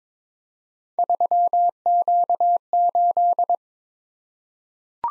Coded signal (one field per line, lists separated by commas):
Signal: Morse code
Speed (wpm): 22 wpm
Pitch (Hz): 700 Hz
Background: none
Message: 3Q8